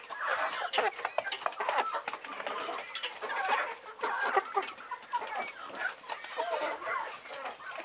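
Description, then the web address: Chickens clucking in a crowded flock, steady overlapping clucks and occasional louder squawks throughout. Several chickens, farm ambience. "bird chickens ambience farm chickens"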